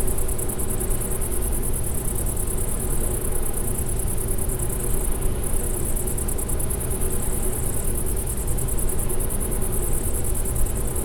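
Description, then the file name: Bush-cricket song, continuous high rapid pulsing that briefly wavers midway, over a constant deep drone. Recorded near a wind energy plant at Klein Leine, 20 August 2016, 22:24 h. "wind-energy-plant gbushcrick-SEV-AV 2224 h d bb klein-leine"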